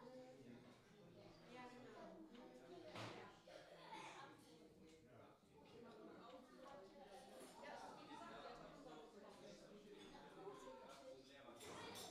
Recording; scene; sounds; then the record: everyday scene through a hearing-aid microphone; many people talking; many voices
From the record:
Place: parish hall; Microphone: in the ear canal, left